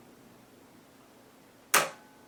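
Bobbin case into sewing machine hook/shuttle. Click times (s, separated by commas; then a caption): 1.7 s. A bobbin case with its arm pointing straight up is pushed onto the hook of a Bernina 330 sewing machine. After a quiet stretch, a single sharp, bright click is heard at 1.7 s, with a brief decay, as the bobbin case clicks into place and is seated.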